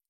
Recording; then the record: hydrophone in a shrimp aquaculture tank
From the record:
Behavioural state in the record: stressed